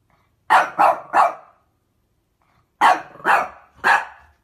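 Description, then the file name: Dog barking in two bursts of three quick, sharp barks separated by a pause of over a second. Cute dog barking. "Tieng cho sua de thuong dang yeu"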